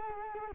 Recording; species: mosquito wingbeat signal from an infrared sensor; Culex quinquefasciatus